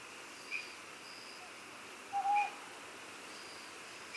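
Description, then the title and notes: Owl gives a single two-note hoot, short then drawn out, amid steady insect hiss and a faint high chirp. Iriomote Island, Okinawa, Japan. "梟 - Owl. Recorded in Iriomote Island Okinawa Japan"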